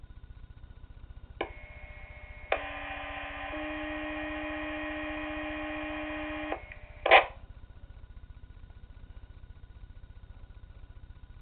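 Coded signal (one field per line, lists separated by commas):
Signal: two-tone page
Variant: Motorola Minitor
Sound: a click, then a buzzy low tone for about 1 s, shifting to a second tone for about 3 s, then a short noisy burst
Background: mains hum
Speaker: County units the monthly sir test for the month of December will now begin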